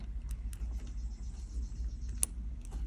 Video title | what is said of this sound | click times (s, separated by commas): HOW TO INSTALL THE ON BOARD COMPUTER in a Porsche Boxster 986 - PART 1 (Project 91) | so there's a little click and if you pull it it should be stuck in there | 2.2 s